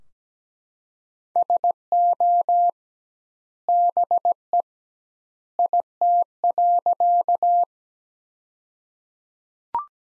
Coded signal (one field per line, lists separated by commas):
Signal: Morse code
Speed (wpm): 17 wpm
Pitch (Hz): 700 Hz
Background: none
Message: SO BE IT.